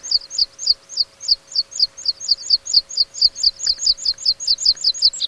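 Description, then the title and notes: Meadow Pipit song: an even series of thin, high notes repeated rapidly throughout. "Viikon luontoääni: Niittykirvinen. Risto Salovaara"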